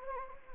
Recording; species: mosquito wingbeat signal from an infrared sensor; Anopheles gambiae